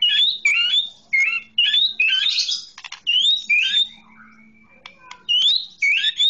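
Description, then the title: Oriental magpie-robin song: loud, varied whistled and chirping phrases with rising sweeps, in repeated bursts with short pauses and a few thin tones between. Long-duration song recording, over an hour. "Kicau Kacer"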